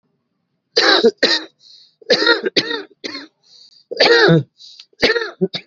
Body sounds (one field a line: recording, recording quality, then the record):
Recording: shallow voluntary cough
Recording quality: excellent, no background noise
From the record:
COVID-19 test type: RT-PCR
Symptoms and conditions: cough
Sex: male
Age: 40 years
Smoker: yes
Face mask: worn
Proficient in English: yes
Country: India